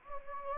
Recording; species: mosquito wingbeat signal from an infrared sensor; Anopheles gambiae